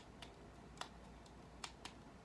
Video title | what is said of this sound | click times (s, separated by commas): China exclusive dolls?? Kurhn anniversary and kurhnstyle doll unboxing and review!! | don't know how I feel about this it just looks weird and only Clicks in place | 0.2 s, 0.8 s, 1.6 s, 1.9 s